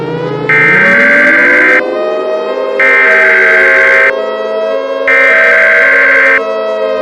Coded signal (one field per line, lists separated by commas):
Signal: Emergency Alert System (SAME) tones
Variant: header bursts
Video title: EAS Scenario: Shadow Nebulosa's Rampage (Remastered)